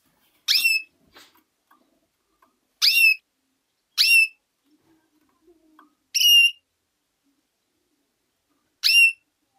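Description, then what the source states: Canary: five bright, rising whistled call notes at irregular intervals of one to three seconds, with soft clicking sounds after the first. Female.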